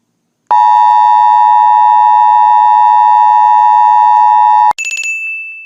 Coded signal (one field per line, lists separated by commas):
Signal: Emergency Alert System (SAME) tones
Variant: 853 and 960 Hz attention tone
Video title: EAS Sinned - Murder Mystery (EAS New York)